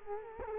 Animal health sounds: mosquito wingbeat signal from an infrared sensor; Culex quinquefasciatus

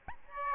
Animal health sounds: mosquito wingbeat signal from an infrared sensor; Aedes albopictus

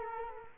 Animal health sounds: mosquito wingbeat signal from an infrared sensor; Culex quinquefasciatus

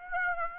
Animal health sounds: mosquito wingbeat signal from an infrared sensor; Aedes aegypti

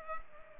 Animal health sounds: mosquito wingbeat signal from an infrared sensor; Culex pipiens

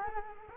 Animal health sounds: mosquito wingbeat signal from an infrared sensor; Culex quinquefasciatus

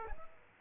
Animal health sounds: mosquito wingbeat signal from an infrared sensor; Aedes aegypti

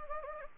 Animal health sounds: mosquito wingbeat signal from an infrared sensor; Anopheles gambiae

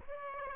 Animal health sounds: mosquito wingbeat signal from an infrared sensor; Aedes aegypti

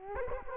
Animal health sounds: mosquito wingbeat signal from an infrared sensor; Culex quinquefasciatus

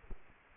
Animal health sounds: mosquito wingbeat signal from an infrared sensor; Culex quinquefasciatus

